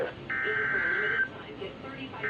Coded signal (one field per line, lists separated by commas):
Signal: Emergency Alert System (SAME) tones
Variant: header bursts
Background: speech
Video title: EAS #252 Severe Thunderstorm Warning On NWR